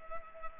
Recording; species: mosquito wingbeat signal from an infrared sensor; Culex pipiens